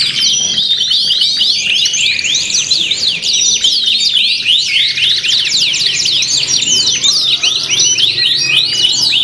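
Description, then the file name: Many canaries in full song, quick descending and rising whistled notes layered into a steady high-pitched wall of trills. Simulated canary singing contest with filler (isian) tutor songs, from Om Kicau, uploaded October 2013. "audio-simulasi-lomba-kenari-isian 2-omkicau"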